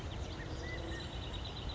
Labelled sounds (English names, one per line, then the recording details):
California Quail
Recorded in Sonoma County, California